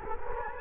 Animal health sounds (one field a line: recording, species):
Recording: mosquito wingbeat signal from an infrared sensor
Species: Culex quinquefasciatus